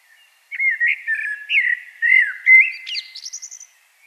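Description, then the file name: Common blackbird song: rich fluted warbling notes in quick succession, rising and falling, closing with a thin, rapid high-pitched twitter. "Turdus merula"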